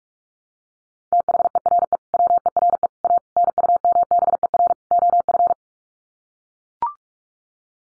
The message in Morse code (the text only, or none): THERE WERE A NUMBER OF